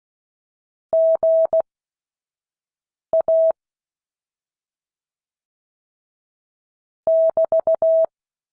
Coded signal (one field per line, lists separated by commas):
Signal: Morse code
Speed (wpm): 16 wpm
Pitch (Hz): 650 Hz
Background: none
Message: GA <BT>